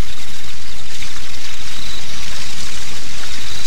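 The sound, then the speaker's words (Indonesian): Water pours steadily from a spout with a continuous bright splashing hiss as someone washes hands and face under the flow. No voices are heard. “Ayolah, saya akan mencuci tangan dan wajah di pancuran itu”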